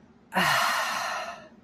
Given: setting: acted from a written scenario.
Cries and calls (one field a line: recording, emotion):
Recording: vocal sound without words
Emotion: contentment